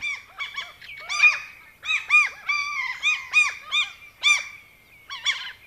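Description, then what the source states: Common Gull giving loud, squealing, mewing cries in bursts with short pauses between. City-dwelling birds by the water; calling can be quite loud in spring and during the chick-rearing period.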